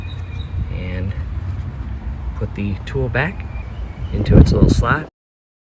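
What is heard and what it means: A plastic fuse puller tool is handled as it is put back toward its storage slot in the fuse box of a Chrysler Pacifica while someone talks over a low background rumble. A few soft handling sounds rise near the end, but nothing has seated or clicked yet.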